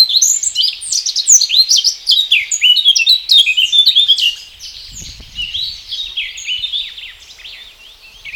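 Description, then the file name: Eurasian blackcap pouring out a hurried, chattering warble of high notes, loud at first and softer toward the end, with a brief low thump. "Sylvia atricapilla"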